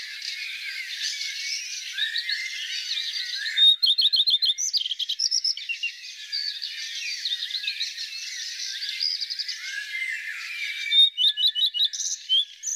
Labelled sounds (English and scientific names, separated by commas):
Common Redstart (Phoenicurus phoenicurus) song